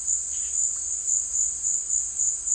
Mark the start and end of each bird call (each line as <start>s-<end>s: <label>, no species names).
0.26s-0.54s: bird call